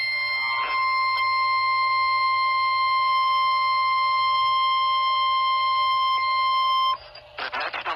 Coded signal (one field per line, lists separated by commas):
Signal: Emergency Alert System (SAME) tones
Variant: 1050 Hz attention tone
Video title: Severe Thunderstorm Warning on KWO35 (EAS#4,205)